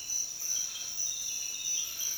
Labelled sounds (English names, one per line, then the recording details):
none
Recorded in dense forest near Puerto Asís, Putumayo, Colombia, on 22 June 2025 at 06:00
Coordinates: 0.484, -76.325
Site H65